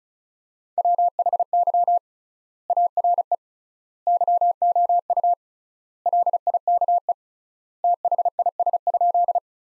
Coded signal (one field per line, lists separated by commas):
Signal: Morse code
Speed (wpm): 36 wpm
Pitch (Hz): 700 Hz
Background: none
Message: WHY ARE YOU LIKE THIS?